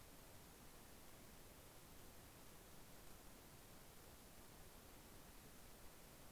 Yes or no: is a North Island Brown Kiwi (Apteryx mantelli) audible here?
no